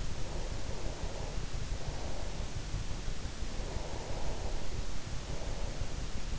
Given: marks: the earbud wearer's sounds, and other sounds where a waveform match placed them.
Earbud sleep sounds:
sounds in sleep by an in-ear microphone; breath
0.00-2.59 s: breath
3.57-6.30 s: breath

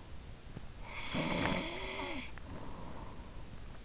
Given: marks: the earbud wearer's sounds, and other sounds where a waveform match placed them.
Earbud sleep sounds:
sounds in sleep by an in-ear microphone; snoring breath
0.56-3.19 s: snoring breath

